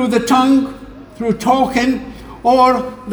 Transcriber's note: talking